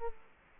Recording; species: mosquito wingbeat signal from an infrared sensor; Culex quinquefasciatus